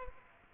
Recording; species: mosquito wingbeat signal from an infrared sensor; Aedes aegypti